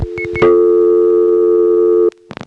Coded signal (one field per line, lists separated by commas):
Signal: telephone call progress tone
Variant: North America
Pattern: dial tone